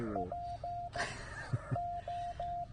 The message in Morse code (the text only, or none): P O